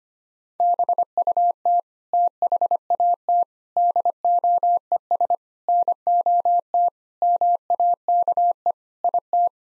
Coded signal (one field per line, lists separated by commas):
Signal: Morse code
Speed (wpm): 25 wpm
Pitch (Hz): 700 Hz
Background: none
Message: BUT THAT DOES NOT MAKE IT